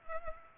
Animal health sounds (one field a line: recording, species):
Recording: mosquito wingbeat signal from an infrared sensor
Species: Culex pipiens